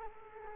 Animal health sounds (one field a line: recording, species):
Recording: mosquito wingbeat signal from an infrared sensor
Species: Culex quinquefasciatus